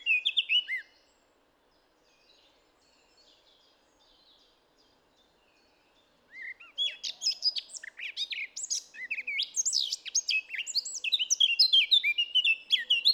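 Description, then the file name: Eurasian blackcap song: a short whistled phrase, a long quiet gap, then a lively, dense warble of high chirps and fluty notes running to the end. "Sylvia atricapilla"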